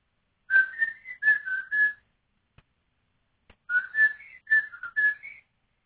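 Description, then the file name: Bird whistling two quick phrases of clear fluty notes that wobble up and down, ending on a higher note, separated by a short silence. Unidentified mystery bird, sent in as a question in 2019. "mystisk fugl"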